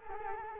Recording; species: mosquito wingbeat signal from an infrared sensor; Culex quinquefasciatus